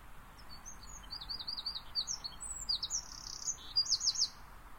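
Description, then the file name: Eurasian wren song, a high, fast sequence of thin notes and rapid trills, fairly quiet against steady background noise. "Troglodytes troglodytes"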